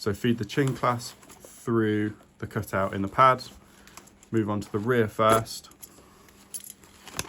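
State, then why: Seated. Someone talks while feeding the chin clasp through the cut-out in a Shoei Neotec 3 helmet's cheek pad, then lines up the rear portion of the pad and pushes it into the helmet shell. A few light handling taps follow, and a sharp click at 7.2 s marks the rear of the cheek pad locking into place.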